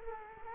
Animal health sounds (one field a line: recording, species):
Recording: mosquito wingbeat signal from an infrared sensor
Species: Culex quinquefasciatus